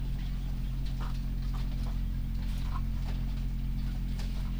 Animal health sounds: poultry house recording; sick chickens (respiratory disease)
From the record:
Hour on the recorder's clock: 1

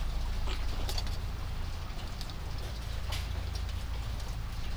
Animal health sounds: poultry house recording; sick chickens (respiratory disease)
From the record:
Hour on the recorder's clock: 22

